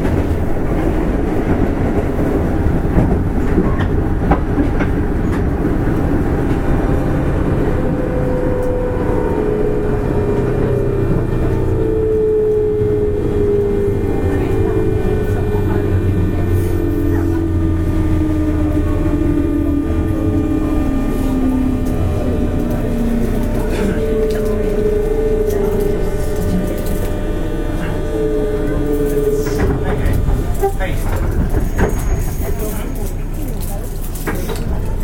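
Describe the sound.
Running noise inside a JR West 201 series train on the Osaka Loop Line: a steady, dense low rumble with a whining motor tone that slowly falls in pitch from about 10 to 30 seconds. Faint clicks and rattles recur throughout, and muffled voices drift in.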